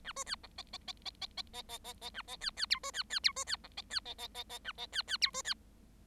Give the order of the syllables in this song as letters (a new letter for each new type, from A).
A B C D E E E E E E E E E E A E C C F B C C F B C D E C E E E E A E C C F B C